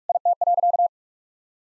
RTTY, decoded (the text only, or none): none